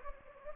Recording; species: mosquito wingbeat signal from an infrared sensor; Anopheles gambiae